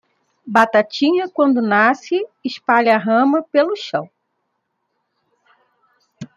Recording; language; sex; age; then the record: short text; Brazilian Portuguese; female; 40 to 49 years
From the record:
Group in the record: control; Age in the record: 47 years